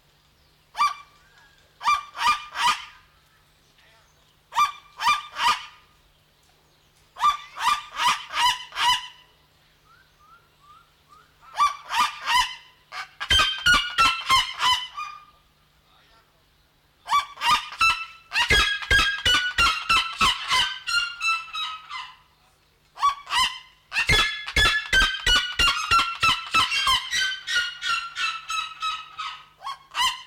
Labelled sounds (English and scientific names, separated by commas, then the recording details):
Red-legged Seriema (Cariama cristata) call
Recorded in captivity
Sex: male
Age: adult
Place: Zoo Berlin, Berlin, DE
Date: 1994-01-08 11:10
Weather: wolkig bis sonnig, 6°C
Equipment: Marantz CP 430, Sennheiser MKH 416 T, Kopie Uher Variocord 263
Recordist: Tembrock, Günter